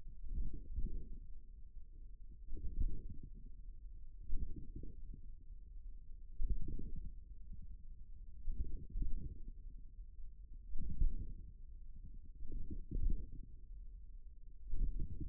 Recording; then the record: forearm muscle sounds (acoustic myography)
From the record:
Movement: tripod grip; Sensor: system 1, eight BSWA MPA416 microphones around the upper forearm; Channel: 8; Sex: male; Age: 41 years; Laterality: right